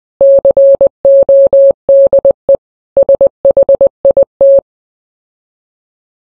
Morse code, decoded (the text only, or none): CODE SHIT